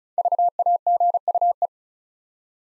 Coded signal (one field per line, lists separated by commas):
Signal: Morse code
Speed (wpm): 36 wpm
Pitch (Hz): 700 Hz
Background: none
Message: VAGUE